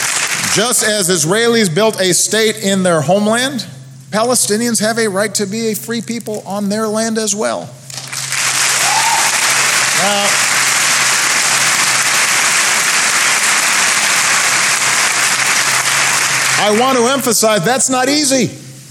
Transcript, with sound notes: Just as Israelis built a state in their homeland, Palestinians have a right to be a free people on their land, as well. (Applause.)
Now, I want to emphasize -- that's not easy.